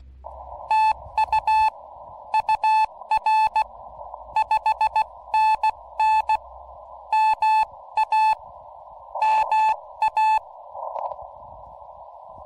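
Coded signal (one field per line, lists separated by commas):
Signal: Morse code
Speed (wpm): 16 wpm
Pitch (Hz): 870 Hz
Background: none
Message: TU UR 5NN MA MA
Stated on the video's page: POTA and SOTA parking-lot activation, Yaesu FT-891 at 25 watts CW into a 17-foot Chameleon whip on triple mag-mount, battery powered.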